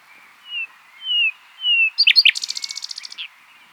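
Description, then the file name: Common nightingale song: three slow, drawn-out whistles followed by a rapid, loud rattling trill of repeated notes. "Luscinia megarhynchos"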